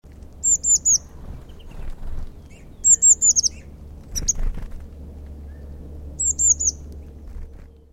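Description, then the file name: Eurasian blue tit calls: short quick series of high thin notes, repeated three times, with other brief chirps and a faint low rumble underneath. "Cyanistes caeruleus"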